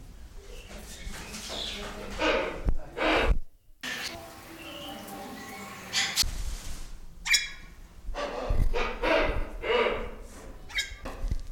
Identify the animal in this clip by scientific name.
Rhyticeros undulatus